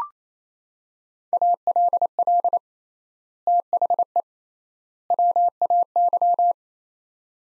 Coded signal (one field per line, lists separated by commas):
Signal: Morse code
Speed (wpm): 28 wpm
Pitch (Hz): 700 Hz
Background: none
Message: ALL THE WAY